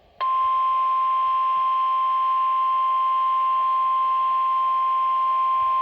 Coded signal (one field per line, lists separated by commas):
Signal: Emergency Alert System (SAME) tones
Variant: 1050 Hz attention tone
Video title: DOUBLE HEADER - 2 Severe Thunderstorm Warnings (EAS #25-26)